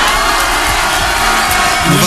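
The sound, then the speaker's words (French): A loud, sustained roar of an audience cheering and shouting as asked on the Skyrock radio show Planète Rap, dense and continuous for the whole stretch with scattered whoops rising out of the noise and no pause. “Donc faites un maximum de bruit, s'il vous plaît.”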